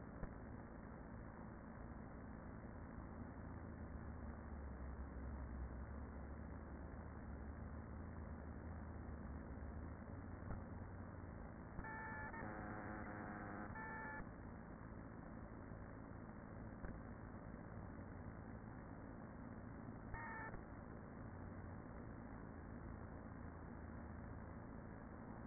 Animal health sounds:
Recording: honeybee colony, microphone inside the hive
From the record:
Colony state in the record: queen present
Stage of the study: after two queens were removed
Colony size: about 40,000 bees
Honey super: no

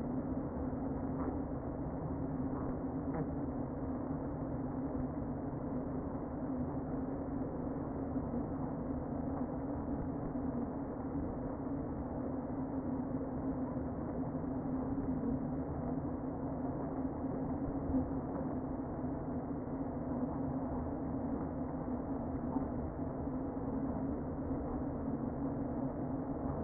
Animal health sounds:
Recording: honeybee colony, microphone inside the hive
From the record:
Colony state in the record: queen present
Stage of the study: before two queens were removed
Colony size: about 60,000 bees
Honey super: yes

